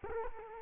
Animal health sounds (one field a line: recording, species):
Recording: mosquito wingbeat signal from an infrared sensor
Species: Culex quinquefasciatus